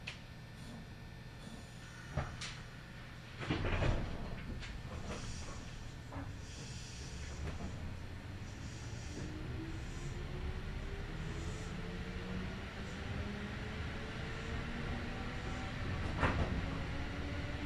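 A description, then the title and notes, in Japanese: Inside a local stopping train as it rolls along, a steady low rumble fills the cabin. Sharp clacks of wheels over rail joints come near 2, 4 and 16 seconds, and after about 8 seconds a rising motor whine slowly climbs in pitch as the train picks up speed. 近鉄名古屋線各駅停車 塩浜→白子。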